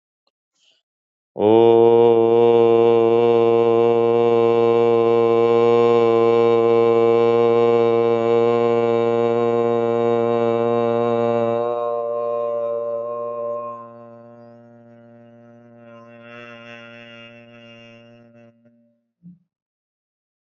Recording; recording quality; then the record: sustained vowel as in boot; excellent, no background noise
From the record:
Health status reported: healthy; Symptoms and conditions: cough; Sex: male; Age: 32 years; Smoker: not ticked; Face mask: not worn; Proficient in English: yes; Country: United States